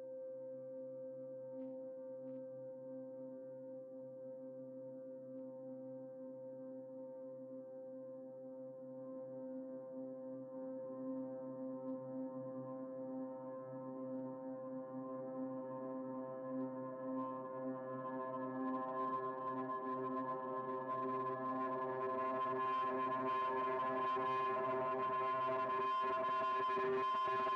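Sound texture from an effects matrix and a resonator: a sustained, ringing drone of stacked steady tones, like a struck metal bowl held indefinitely. For the first twenty seconds it stays calm and even, then it swells louder and a hissing, crackling shimmer rises over the top.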